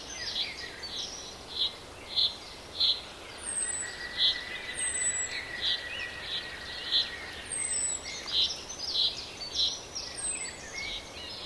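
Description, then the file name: Common chaffinch giving short, bright, repeated call notes about once or twice a second, with a long steady whistle and thin high descending notes behind. "Fringilla coelebs"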